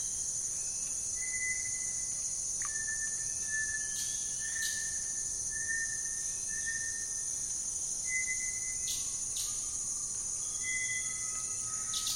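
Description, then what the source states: Bird whistling a series of sustained clear tones at slightly shifting pitches, with a few sharp clicks, all over a continuous shrill insect chorus. Lazy afternoon birdsong by a slow-flowing stream in the Amazon basin.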